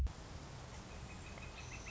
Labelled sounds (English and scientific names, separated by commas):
Northern Flicker (Colaptes auratus)